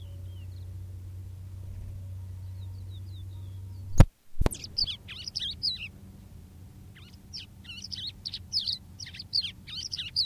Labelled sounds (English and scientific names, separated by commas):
Crested Lark (Galerida cristata) song